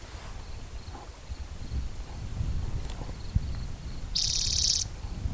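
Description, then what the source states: Spotted Towhee delivering one buzzy, insect-like trill late, over rumbling low-frequency background and occasional faint clicks. Individual number 8, Black's Creek, 16 June 2010, around 4:30 in the afternoon; vocalization 27 in a series counted aloud by the recordist.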